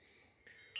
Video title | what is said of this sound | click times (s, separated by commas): Вилка поперечини, шкворень та пальці поперечини | потім коли в отвір вона пройшла зафіксувався | 0.8 s